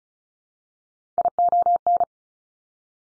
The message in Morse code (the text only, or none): ION